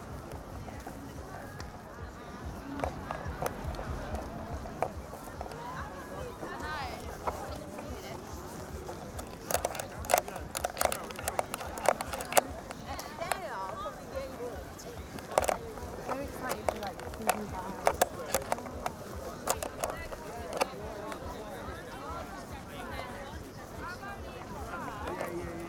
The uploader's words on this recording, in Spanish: Caminata Nocturna Glastonbury 2014. Caminando desde el gran letrero que dice GLASTONBURY junto al Park Stage hasta mi carpa.